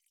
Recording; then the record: hydrophone in a shrimp aquaculture tank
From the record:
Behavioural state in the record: feeding